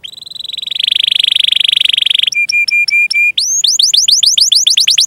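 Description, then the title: Canary song with a swelling buzzy trill, several steady piping notes, then rapid sweeping whistled notes repeated several times a second. Canary singing vigorously (gacor) with ornamented song phrases (cengkok, isian), for bird-song training. "Kenari Gacor Cengkok Isian Kenarigacor Kicaumania Kenari"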